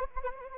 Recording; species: mosquito wingbeat signal from an infrared sensor; Anopheles arabiensis